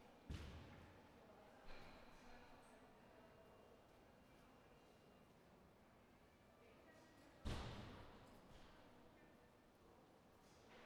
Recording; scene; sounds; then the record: everyday scene through a hearing-aid microphone; reverberant space; background noise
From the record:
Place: railway station hall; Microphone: behind the ear, right, rear